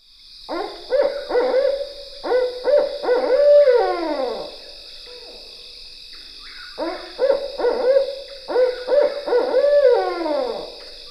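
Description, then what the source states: Barred owl hooting call, two series of rhythmic deep hoots ending in a drawn-out descending wail, separated by a pause, over a steady high hiss. Call rendered as "who cooks for you".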